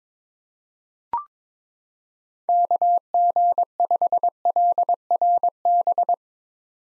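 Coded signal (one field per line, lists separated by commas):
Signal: Morse code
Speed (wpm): 21 wpm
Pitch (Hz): 700 Hz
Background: none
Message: KG5LRB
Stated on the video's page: Morse code head-copy drill of common POTA activator call signs at 22 wpm, each sent, spoken, then sent again.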